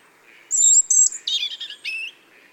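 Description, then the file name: European robin producing one brief, high phrase of sharp whistled notes followed by quick, slightly lower twitters. "Erithacus rubecula"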